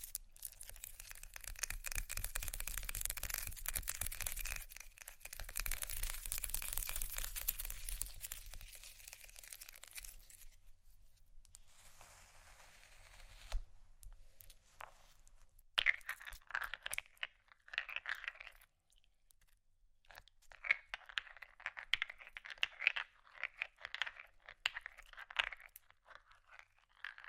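Ice is scratched and rolled in a dense, bright, continuous rasp for the first ten seconds. After a quieter stretch of faint scraping, quick irregular taps and short crunchy scratches come in bursts from about sixteen seconds to the end.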